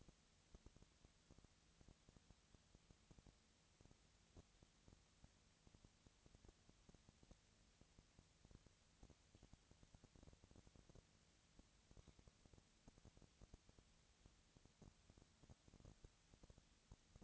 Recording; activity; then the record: daily activity, microphone in the room; no activity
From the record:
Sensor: 3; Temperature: 20.6 degrees Celsius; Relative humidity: 35.7%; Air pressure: 998.8 hPa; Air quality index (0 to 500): 235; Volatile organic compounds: 71 ppm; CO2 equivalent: 3524 ppm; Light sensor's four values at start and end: 2/3/2/2 and 2/3/2/2